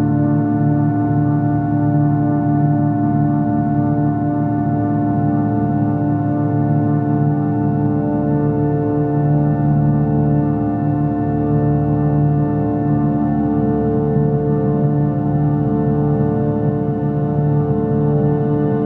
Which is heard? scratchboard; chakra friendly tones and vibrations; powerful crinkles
chakra friendly tones and vibrations